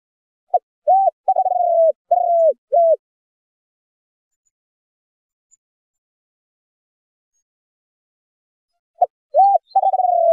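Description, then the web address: Spotted dove cooing in two bursts: a clipped note, a coo, a rough rolling note and further coos, with a long silent gap between bursts. Spotted dove calling to its flock in the song style called 'giọng chuông thổ đồng'. "Tieng chim Cu gay giong chuong tho dong. tieng chim cu gay giong tho chuong dong goi bay"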